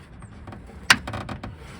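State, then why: Seated. A brake light bulb socket on a 2006–2011 Honda Civic is pushed into its hole in the tail light housing and turned clockwise about a quarter turn. It locks in with a sharp, bright click at 0.9 s, followed by a few softer plastic rattles and ticks, and the socket is seated firmly.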